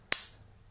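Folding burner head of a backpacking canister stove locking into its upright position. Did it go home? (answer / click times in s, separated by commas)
yes / 0.1 s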